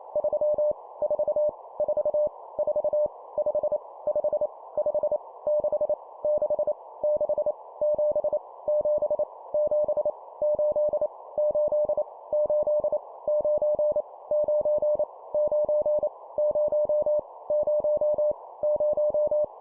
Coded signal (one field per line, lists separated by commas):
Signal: Morse code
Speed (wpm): 28 wpm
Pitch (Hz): 600 Hz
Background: none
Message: 3 4 4 4 5 5 5 6 6 6 7 7 7 8 8 8 9 9 9 0 0 0